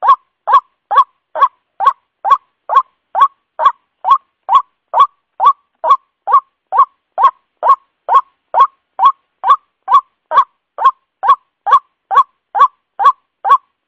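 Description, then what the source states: White-breasted waterhen call, a long unbroken run of identical nasal, upward-inflected notes at a brisk, very regular pace of about two per second. Lure call used for attracting the bird.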